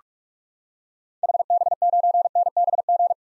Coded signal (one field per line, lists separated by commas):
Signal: Morse code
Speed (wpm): 46 wpm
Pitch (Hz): 700 Hz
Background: none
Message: HB9NBG